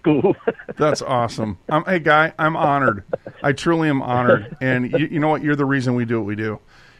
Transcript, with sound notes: That's awesome. Um, hey, guy, I'm honored.
(laughs)
I truly am honored. And y- you know what? You're the reason we do what we do,